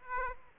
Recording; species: mosquito wingbeat signal from an infrared sensor; Aedes aegypti